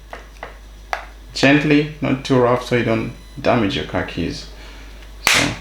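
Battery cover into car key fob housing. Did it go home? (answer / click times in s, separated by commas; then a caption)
yes / 5.3 s. A plastic battery cover is slid onto a BMW car key fob and gently squeezed shut while someone talks, with a few faint ticks early on. A single sharp, loud click at 5.3 s marks the cover snapping home, and the cover is seated.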